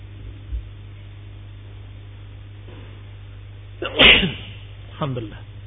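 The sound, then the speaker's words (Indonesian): A single sharp sneeze bursts out about two-thirds of the way through, loud against a steady low electrical hum, followed by a brief murmured voice. “Alhamdulillah.”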